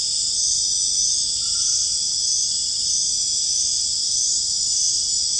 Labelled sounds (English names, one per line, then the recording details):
none
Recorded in dense forest near Puerto Asís, Putumayo, Colombia, on 29 June 2025 at 21:00
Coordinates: 0.481, -76.323
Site G072